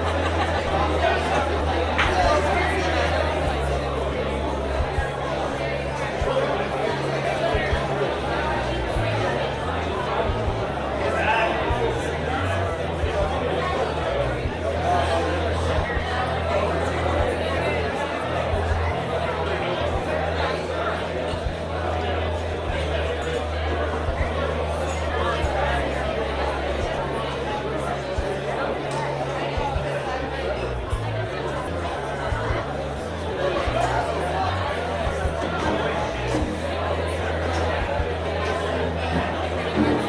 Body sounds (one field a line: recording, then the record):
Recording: background sound without coughing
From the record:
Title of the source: CITY SOUNDS Busy Bar in the Evening Night - 2 HOURS of Ambiance for Relaxation